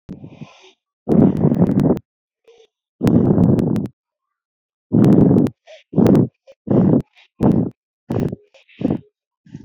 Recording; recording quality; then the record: shallow breathing; excellent, no background noise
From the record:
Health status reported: healthy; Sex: female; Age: 33 years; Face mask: not worn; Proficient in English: yes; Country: India